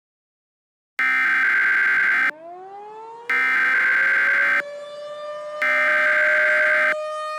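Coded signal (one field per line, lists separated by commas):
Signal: Emergency Alert System (SAME) tones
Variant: header bursts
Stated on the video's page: Fictional EAS scenario with tones that may or may not be valid; events are not real.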